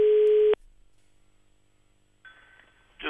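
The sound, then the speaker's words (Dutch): A telephone ringing tone on a call placed by a Radio 1 show: a steady, mid-pitched electronic tone holds for about half a second, then cuts off into near silence before another tone begins toward the end. “We bellen even om te horen of het klopt van de links in het bos.”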